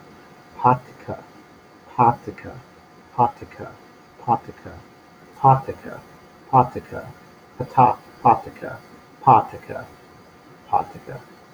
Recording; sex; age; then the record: repeated syllables /pa ta ka/; male; 30 to 39 years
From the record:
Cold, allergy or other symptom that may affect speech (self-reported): no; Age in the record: 36 years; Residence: Ohio, United States